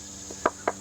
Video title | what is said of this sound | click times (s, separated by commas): MY Old Town PDL 120 -- Repairs, Cameras and TOURNAMENT Setup!! | Very solid, snaps right in | 0.5 s, 0.7 s